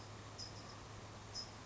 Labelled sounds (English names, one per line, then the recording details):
California Towhee
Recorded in Sonoma County, California